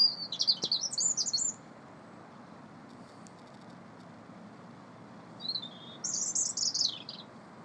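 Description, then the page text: Bird song: high, quick twittering phrases of jumbled notes, one at the start and another after a pause, over a steady low rumble. Birds singing in Marston, Oxford, late in the day in sunshine. "#Birds sing and sun burns one more time this day #Marston #Oxford"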